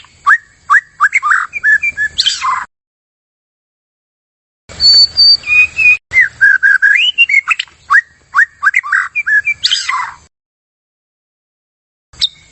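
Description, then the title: White-rumped shama song of varied whistles and slurred notes in bursts, with two pauses of a couple of seconds between phrases. Energetic shama song used as a lure (pikat). "PANCINGAN MURAI BATU GACOR"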